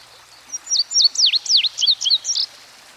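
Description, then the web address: Indigo bunting delivering one short song of high, paired notes, some swooping down sharply, ending with doubled notes, against a soft hissing background. Indigo bunting recorded by a stream. "Dan Gibson Songbirds By The Stream. Indigo Bunting"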